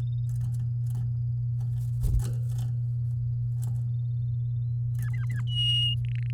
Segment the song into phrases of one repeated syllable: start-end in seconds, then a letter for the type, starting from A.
4.99-5.41 A, 5.47-5.95 B, 6.05-6.30 C